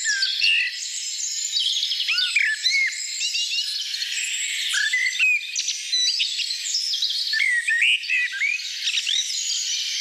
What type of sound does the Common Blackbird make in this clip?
song